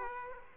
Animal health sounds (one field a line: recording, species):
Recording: mosquito wingbeat signal from an infrared sensor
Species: Aedes aegypti